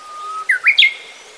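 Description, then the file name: Japanese bush warbler song: a long, steady, low whistle followed by a quick flourish of three sharp notes, each rising higher. "uguisu"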